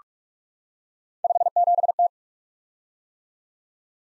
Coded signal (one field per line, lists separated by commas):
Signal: Morse code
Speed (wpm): 44 wpm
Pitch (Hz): 700 Hz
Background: none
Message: 57T